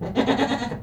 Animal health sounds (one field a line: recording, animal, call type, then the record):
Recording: contact call of a hoofed animal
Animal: goat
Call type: low-frequency (closed-mouth) or high-frequency (open-mouth) call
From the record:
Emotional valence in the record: positive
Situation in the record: food anticipation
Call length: 0.83 s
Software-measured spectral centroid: 1740 Hz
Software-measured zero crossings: 1500 a second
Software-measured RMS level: -23 dBFS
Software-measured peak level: -8 dBFS